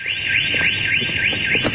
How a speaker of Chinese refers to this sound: 康探说着就去偷车，可汽车警报器响了起来。